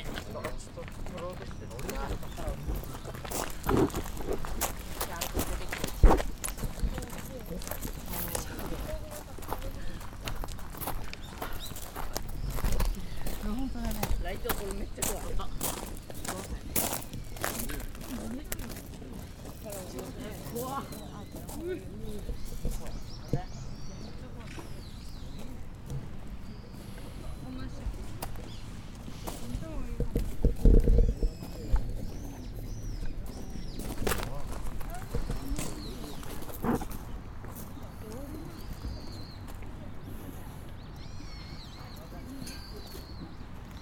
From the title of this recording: Nijō Castle, Kyoto, Japan